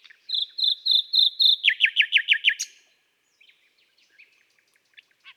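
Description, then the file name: Common nightingale song beginning with a row of slow piping whistles, speeding into a run of sharp descending notes, then soft scattered clicks. "Rossignol philomele Chants doiseaux des bois et des forets"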